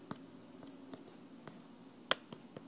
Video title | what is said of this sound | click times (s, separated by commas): MacBook spacebar detail fixing, cleaning, or replacing | you can hear it snapping back in so now | 0.1 s, 2.1 s